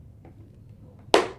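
A strap of an action-camera chin mount is pushed into its plastic buckle on a motorcycle helmet. After quiet handling and a faint tap near 0.2 s, one sharp, loud click rings out at 1.1 s. The buckle locks in place.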